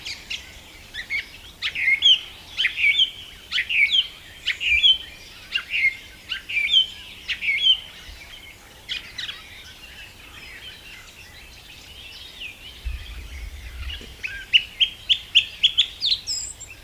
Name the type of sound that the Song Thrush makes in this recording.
song